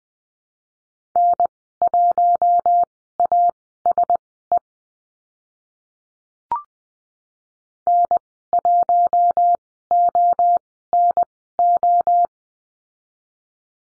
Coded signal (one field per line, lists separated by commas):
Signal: Morse code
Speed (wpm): 20 wpm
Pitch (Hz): 700 Hz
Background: none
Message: N1ASE N1ONO